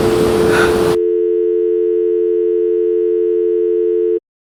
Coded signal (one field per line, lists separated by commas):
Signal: telephone call progress tone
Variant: North America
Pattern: dial tone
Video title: Dial Tone